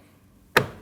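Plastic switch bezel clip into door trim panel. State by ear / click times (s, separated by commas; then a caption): seated / 0.6 s. A plastic switch bezel is fitted to the front door trim panel of a 2012–2021 Nissan NV2500: its two front clips go in first, then the back is pushed down until the rear clip snaps into the door panel. After near-silence, a single sharp click sounds at 0.6 s and fades quickly. The bezel's rear clip is seated.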